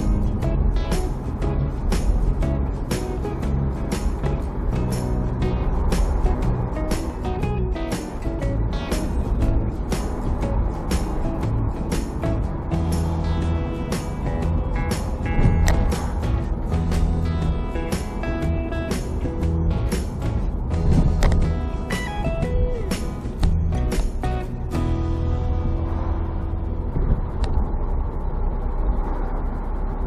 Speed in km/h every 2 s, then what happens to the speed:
31, 31, 33, 34, 36, 36, 33, 30, 28, 30, 30, 26, 22, 22, 24.
0-10 steady at about 33. 10-15 slows to 28. 15-20 steady at about 30. 20-24 slows to 22. 24-30 steady at about 22.